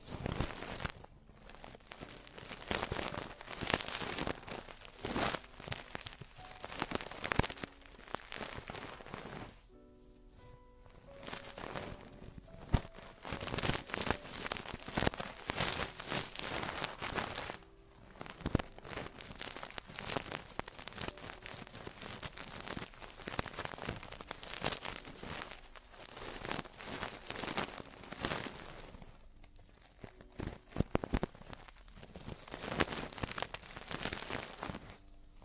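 Traditional Chinese ear cleaning gives dense, continuous scratching and crackling clicks, bright and uneven, with brief soft tonal sounds near ten seconds.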